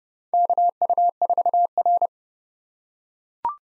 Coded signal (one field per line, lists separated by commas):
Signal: Morse code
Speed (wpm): 31 wpm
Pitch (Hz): 700 Hz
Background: none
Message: KU4R